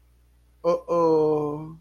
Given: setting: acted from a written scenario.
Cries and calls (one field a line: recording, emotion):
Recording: vocal sound without words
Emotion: distress